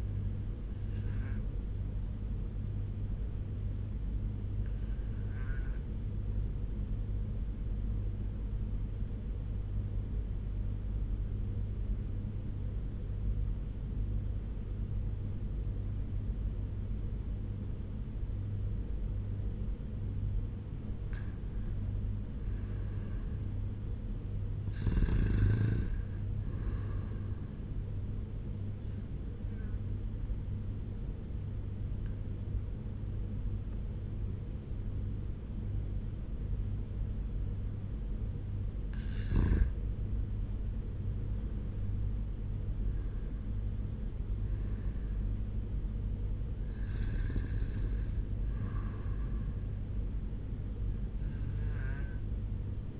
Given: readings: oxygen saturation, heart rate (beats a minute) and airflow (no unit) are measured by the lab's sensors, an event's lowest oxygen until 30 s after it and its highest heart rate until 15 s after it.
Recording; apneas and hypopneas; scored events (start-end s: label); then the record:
breathing in sleep by a smartphone at the bedside; 1
4.00-21.60 s: obstructive apnea (REM, oxygen 97% highest, then 94% lowest, heart rate 79 at the start, 90 highest)
From the record:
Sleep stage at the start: REM sleep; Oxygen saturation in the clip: 90 to 97%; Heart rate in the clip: 75 to 90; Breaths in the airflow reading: 5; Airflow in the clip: -6.7 to 6.5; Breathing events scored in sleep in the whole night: 201 in 6.5 hours asleep